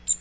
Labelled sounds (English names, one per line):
Magnolia Warbler flight call